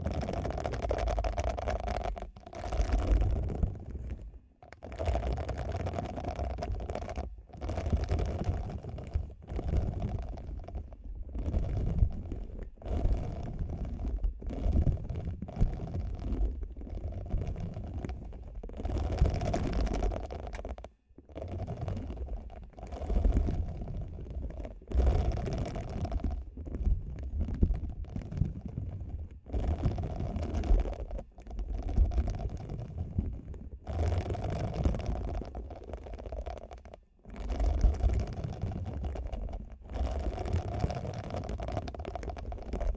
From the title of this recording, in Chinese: 无人声采耳